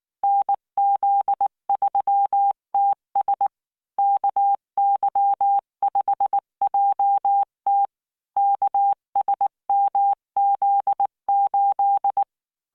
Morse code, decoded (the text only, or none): NZ3TS KY5JT KSMZ8